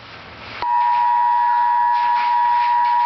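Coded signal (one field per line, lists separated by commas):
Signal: Emergency Alert System (SAME) tones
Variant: 853 and 960 Hz attention tone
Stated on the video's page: Real Severe Thunderstorm Warning from the National Weather Service.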